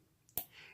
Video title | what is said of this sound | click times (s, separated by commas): SYMA X8C unboxing and set up tutorial! | you'll hear a definite click and you'll be able to go ahead and slide that down now | 0.4 s